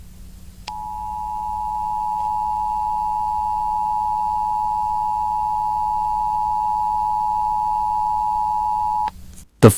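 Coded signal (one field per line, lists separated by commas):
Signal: Emergency Alert System (SAME) tones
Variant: 853 and 960 Hz attention tone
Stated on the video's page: Fictional EAS scenario, simulated alert.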